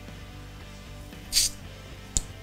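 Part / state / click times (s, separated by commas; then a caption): CO2 cartridge into an air gun / seated / 2.2 s. A CO2 cartridge is dropped into an air gun over a steady low tonal background, with a brief hissing burst around 1.3–1.5 seconds. A single sharp hit at 2.2 seconds marks the cartridge seating in place.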